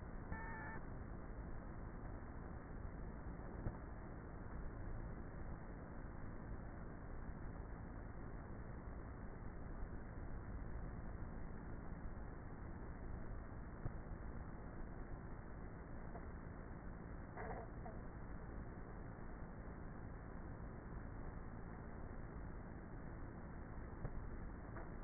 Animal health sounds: honeybee colony, microphone inside the hive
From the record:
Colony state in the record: queenless with a low population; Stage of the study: before two queens were removed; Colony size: about 30,000 bees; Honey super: no

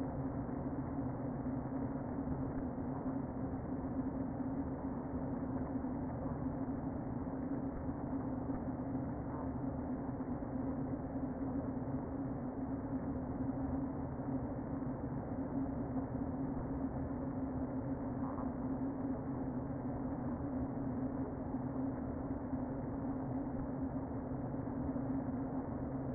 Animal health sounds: honeybee colony, microphone inside the hive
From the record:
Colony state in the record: queen present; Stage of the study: before two queens were removed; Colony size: about 60,000 bees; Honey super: yes

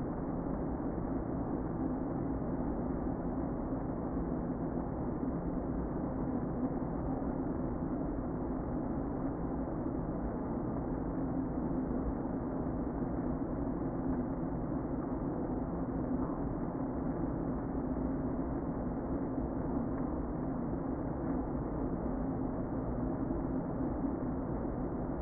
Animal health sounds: honeybee colony, microphone inside the hive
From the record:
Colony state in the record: queen present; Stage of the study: before two queens were removed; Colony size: about 60,000 bees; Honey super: yes

